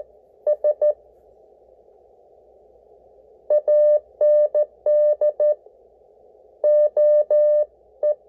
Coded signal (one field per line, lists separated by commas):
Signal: Morse code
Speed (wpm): 13 wpm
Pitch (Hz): 600 Hz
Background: none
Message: S AND OE